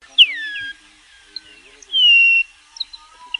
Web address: صدای-پرنده-بال-کهر-کم-رنگ